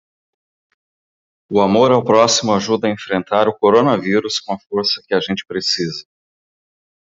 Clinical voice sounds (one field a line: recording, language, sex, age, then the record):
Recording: spoken sentence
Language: Brazilian Portuguese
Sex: male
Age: 40 to 49 years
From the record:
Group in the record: control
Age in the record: 45 years